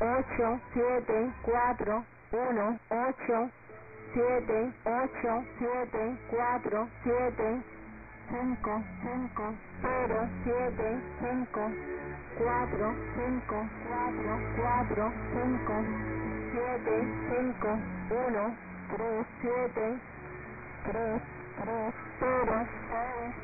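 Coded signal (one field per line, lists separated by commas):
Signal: numbers station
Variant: HM01, Spanish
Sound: voice reading single digits in steady rhythm, about two per second, over radio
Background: radio static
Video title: HM01 30/04/2023 0730 UTC 9330kHz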